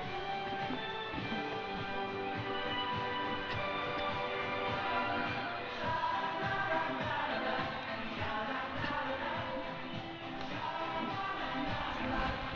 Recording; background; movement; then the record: throat clearing; music; walking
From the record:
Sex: female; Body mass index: 25.5 kg/m2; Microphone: on the chest, facing outward